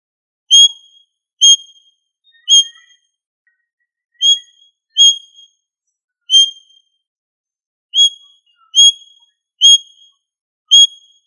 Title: manok ostrali